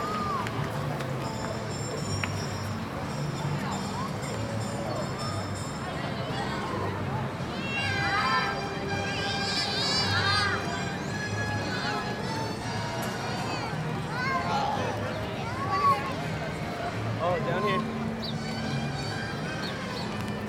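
Walking through Universal Studios Florida amid a steady wash of crowd chatter, many voices overlapping at an even level throughout. Bright, sliding high-pitched calls or squeals rise above the babble around the eighth to eleventh seconds and again near sixteen seconds.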